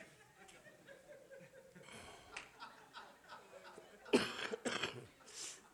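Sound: cough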